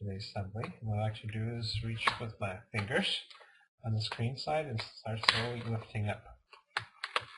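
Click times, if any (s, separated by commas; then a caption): 6.8 s, 7.0 s, 7.2 s. Plastic screen bezel clips on a Gateway NV55C laptop lid snap loose as the plastic frame, which is snapped onto the screen assembly, is lifted slowly by hand, starting on the screen side. Someone talks for most of the clip, then sharp snaps are heard at 6.8, 7.0 and 7.2 seconds as the clips release.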